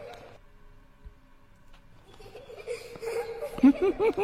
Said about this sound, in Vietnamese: Ở đằng sau lưng của lão, lão càng chạy nhanh thì tiếng trẻ con cười cười đuổi theo đằng sau càng vang lên.